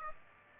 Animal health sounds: mosquito wingbeat signal from an infrared sensor; Aedes aegypti

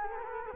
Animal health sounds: mosquito wingbeat signal from an infrared sensor; Culex quinquefasciatus

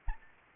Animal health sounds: mosquito wingbeat signal from an infrared sensor; Anopheles arabiensis

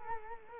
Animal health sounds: mosquito wingbeat signal from an infrared sensor; Culex quinquefasciatus

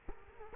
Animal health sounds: mosquito wingbeat signal from an infrared sensor; Culex quinquefasciatus

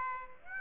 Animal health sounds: mosquito wingbeat signal from an infrared sensor; Aedes aegypti

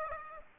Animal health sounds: mosquito wingbeat signal from an infrared sensor; Aedes aegypti

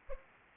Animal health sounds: mosquito wingbeat signal from an infrared sensor; Anopheles arabiensis

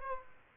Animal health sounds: mosquito wingbeat signal from an infrared sensor; Aedes aegypti

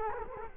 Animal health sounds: mosquito wingbeat signal from an infrared sensor; Culex quinquefasciatus

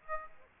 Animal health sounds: mosquito wingbeat signal from an infrared sensor; Aedes aegypti

